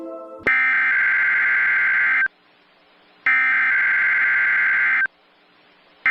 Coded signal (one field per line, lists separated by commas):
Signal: Emergency Alert System (SAME) tones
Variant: header bursts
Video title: Torn-Nightmare - An EAS Scenario